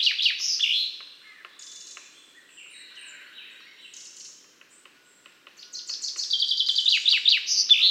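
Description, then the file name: Common chaffinch songs: the tail of one descending trill at the start, a quiet gap with faint chirps, then another fast cascading phrase that runs to the end. "Fringilla coelebs"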